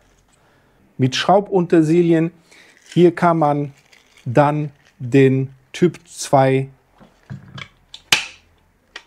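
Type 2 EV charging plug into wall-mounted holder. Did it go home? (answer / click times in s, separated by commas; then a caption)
yes / 8.1 s. Someone talks while the Type 2 charging plug of a mobile wallbox is pushed into its wall-mounted plastic holder. A few faint ticks precede a sharp, loud click at 8.1 s as the plug latches in, seated so it cannot fall out.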